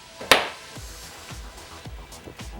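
A plastic retaining push clip is pressed through the hood insulator pad into the hood panel of a Corolla Hatchback to hold the pad in place. One sharp, short snap is heard at 0.3 s over faint background music. The clip seats solidly.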